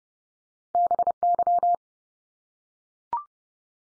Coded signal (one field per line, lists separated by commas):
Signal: Morse code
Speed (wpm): 30 wpm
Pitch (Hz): 700 Hz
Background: none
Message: BY